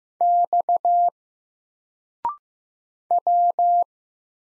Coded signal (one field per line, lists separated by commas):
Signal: Morse code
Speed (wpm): 15 wpm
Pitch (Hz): 700 Hz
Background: none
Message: X W